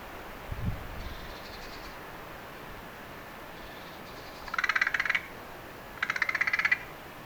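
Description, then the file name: Carrion crow calls: two harsh, rasping, pulsed calls about a second and a half apart, each lasting under a second, over a quiet background hiss. "Corvus corone"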